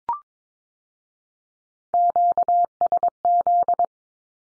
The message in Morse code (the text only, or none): QSZ